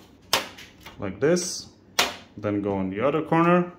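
A metal motherboard I/O shield plate is aligned in a PC case's rear opening, and one corner is pressed until it snaps into the frame with a sharp click at 0.3 s while someone talks. The shield corner is seated.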